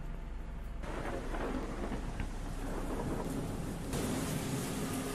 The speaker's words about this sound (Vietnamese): vẫn cứ vang lên trong tiếng gió, tiếng mưa ở bên ngoài, càng làm cho không khí thêm ảm đạm.